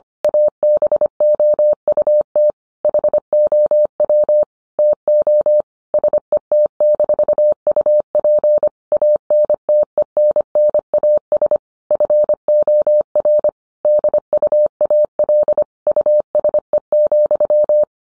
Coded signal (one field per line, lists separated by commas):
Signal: Morse code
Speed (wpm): 25 wpm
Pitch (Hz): 600 Hz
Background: none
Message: ABOUT HOW TO SET-UP ANTENNAS FOR DUAL USE,